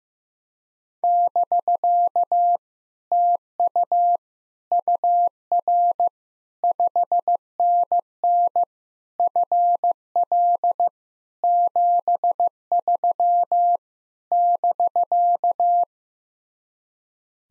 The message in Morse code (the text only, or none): <BK> TU UR 5NN FL 73 <BK>